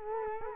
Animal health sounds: mosquito wingbeat signal from an infrared sensor; Culex quinquefasciatus

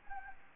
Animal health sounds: mosquito wingbeat signal from an infrared sensor; Anopheles gambiae

